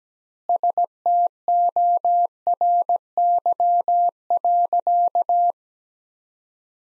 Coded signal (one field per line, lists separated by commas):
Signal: Morse code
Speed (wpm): 17 wpm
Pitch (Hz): 700 Hz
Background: none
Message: STORY.